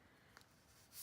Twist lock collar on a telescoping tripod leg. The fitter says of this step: here and you can listen for the click and